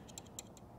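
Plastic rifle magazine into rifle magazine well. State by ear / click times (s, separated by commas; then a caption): not seated / none. A modified plastic AK-pattern magazine is pushed up into the magazine well of a folding-stock Type 81 rifle and stops against the bolt hold-open. Short, sharp contact ticks are heard at about 0.2, 0.3, 0.4 and 0.6 seconds, with the strongest at 0.2 and 0.4 seconds. The magazine is very close but has not seated or latched yet.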